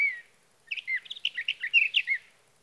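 Sage thrasher song, a rapid warbled run of jumbled short notes lasting about a second and a half, after one slurred opening note and a pause.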